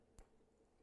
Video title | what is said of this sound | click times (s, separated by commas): TVON Live Fine Jewelry Shopping with Lauren Blair - December 12, 2024 | It clicked, I heard it, and I know they're locked. | 0.2 s